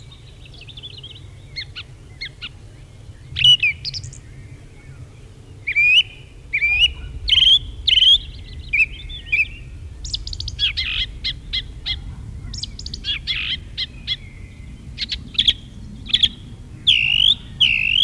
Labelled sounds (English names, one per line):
Song Thrush song